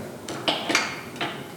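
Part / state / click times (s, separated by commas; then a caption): locking pin on a folding miter saw stand frame / seated / 0.3 s, 0.5 s. A folding miter saw stand frame is lifted upright until its metal locking pin clicks into place, holding the stand in the raised position. Sharp metallic clicks land at 0.3 and 0.5 seconds, followed by more clanks at about 0.8 and 1.6 seconds. The pin is seated and locked.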